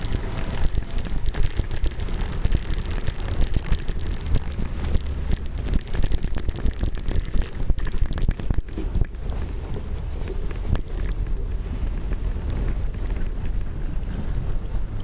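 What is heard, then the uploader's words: A city cycle path after a snowstorm, heard as a dense, steady roar of traffic and wind with heavy low rumble throughout. Frequent short clicks and crunches, likely tyres or footsteps on snow, pepper the sound, with no pauses across the fifteen seconds. Hämeentie (Helsinki) cycle path after a snowstorm. We had a major snowstorm in Helsinki today and what better way to celebrate than grab the mountain bike and go out for a ride.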